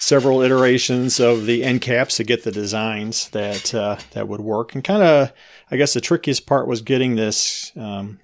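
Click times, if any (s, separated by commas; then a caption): none. Someone talks while handling a 3D-printed plastic protective end cap meant to snap onto the tip of an active RF probe, a snap fit that relies on the plastic deflecting and clicking and that works fine. Nothing has seated or clicked yet in this clip.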